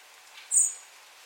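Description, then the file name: Common blackbird call, a lone high thin seeping note held briefly and then tailing off, against quiet hiss. "Turdus merula"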